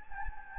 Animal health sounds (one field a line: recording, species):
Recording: mosquito wingbeat signal from an infrared sensor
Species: Anopheles gambiae